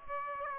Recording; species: mosquito wingbeat signal from an infrared sensor; Aedes aegypti